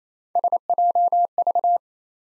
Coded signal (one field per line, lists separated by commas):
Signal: Morse code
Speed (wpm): 28 wpm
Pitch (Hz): 700 Hz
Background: none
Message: SJV